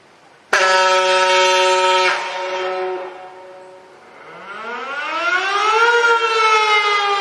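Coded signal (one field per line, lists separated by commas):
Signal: siren signal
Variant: Model 7 siren, diaphone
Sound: one low, steady, buzzy horn blast about 1.6 s, then a siren winding up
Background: outdoor ambience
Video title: Federal Signal Model 7 & Gamewell Diaphone for Rescue Call, Glen Head, NY 7/20/2023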